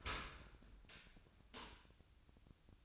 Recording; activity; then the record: daily activity, microphone in the room; open dishwasher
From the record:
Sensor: 2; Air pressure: 1003.0 hPa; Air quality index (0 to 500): 199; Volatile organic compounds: 6 ppm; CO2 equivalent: 1889 ppm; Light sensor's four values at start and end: 14/33/14/16 and 14/33/14/15